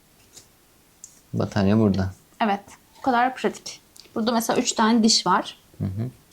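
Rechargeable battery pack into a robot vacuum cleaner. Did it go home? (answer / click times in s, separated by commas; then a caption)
no / none. A replacement rechargeable battery pack is handled at its compartment in a robot vacuum cleaner, where the connector sits in a plastic housing. Someone talks throughout, with a brief sharp sound at 1.0 s. Nothing has seated or clicked yet.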